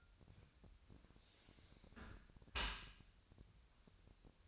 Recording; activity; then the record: daily activity, microphone in the room; close dishwasher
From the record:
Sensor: 2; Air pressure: 1006.6 hPa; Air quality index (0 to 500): 200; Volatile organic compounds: 14 ppm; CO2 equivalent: 2454 ppm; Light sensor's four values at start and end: 9/21/9/9 and 9/21/9/9